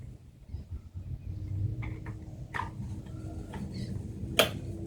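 The plastic bottom cap of a Hyper Tough string trimmer head is lined up by its notches and pushed onto the housing over the spool. A few faint plastic ticks and scrapes come first, then a sharp snap at 4.4 s as the cap seats in place.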